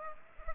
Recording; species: mosquito wingbeat signal from an infrared sensor; Culex pipiens